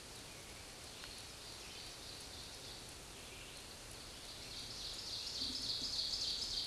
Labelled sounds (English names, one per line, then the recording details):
Scarlet Tanager song
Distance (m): 25 m
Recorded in a Pennsylvania forest on 19 May 2023 at 10:41
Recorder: AudioMoth, point grid1_7_low
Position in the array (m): 133 m, 79 m